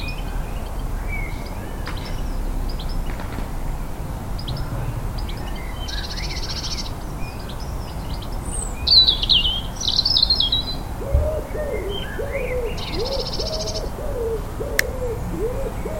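Birds chirp and trill over a steady low rumble in a Liverpool garden, with a repeated lower hooting call starting after eleven seconds.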